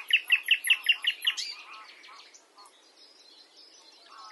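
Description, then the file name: Common nightingale song opening with several loud repeated notes, rapid and evenly spaced, then fading into softer varied twittering. "Luscinia megarhynchos"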